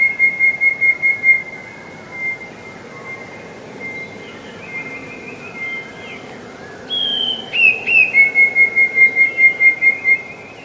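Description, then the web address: Eurasian blue tit song: a trill ends at the start, a long quiet gap with faint notes follows, then a full high whistle and fast trill close it. "wroblowe teka 2 spiew 2. wroblowe teka modraszkoteka"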